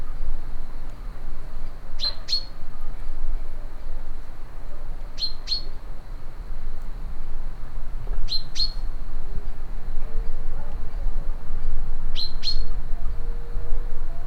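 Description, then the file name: Common chaffinch calls: sharp metallic paired notes, 'pink-pink', repeated about every three to four seconds over steady low rumble, with a faint sustained hum later. "Fringilla coelebs"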